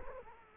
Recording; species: mosquito wingbeat signal from an infrared sensor; Culex quinquefasciatus